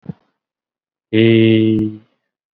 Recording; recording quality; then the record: sustained vowel as in beet; excellent, no background noise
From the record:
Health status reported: COVID-19 positive, no symptoms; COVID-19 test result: positive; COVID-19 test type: RT-PCR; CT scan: not taken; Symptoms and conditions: hypertension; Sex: male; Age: 69 years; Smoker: no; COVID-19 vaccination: none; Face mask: not worn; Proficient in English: no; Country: India